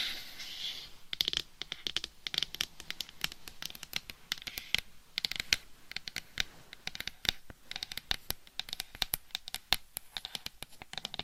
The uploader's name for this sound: Gentle Tapping & Scratching